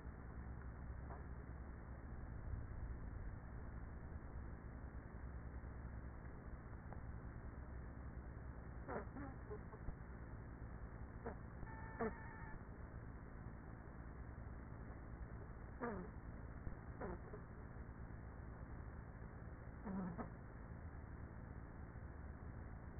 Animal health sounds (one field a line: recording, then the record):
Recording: honeybee colony, microphone inside the hive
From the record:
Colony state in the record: queenless with a low population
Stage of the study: after two queens were removed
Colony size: about 30,000 bees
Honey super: no